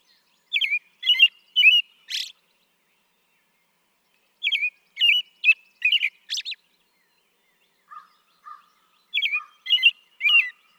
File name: American Robin